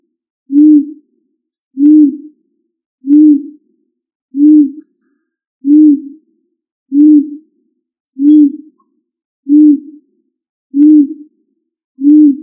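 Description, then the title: Pigeon coos: low, soft, hollow single notes, each about half a second long, repeated steadily about every 1.3 seconds, ten in all, in a quiet background. "Columbidae Pomba"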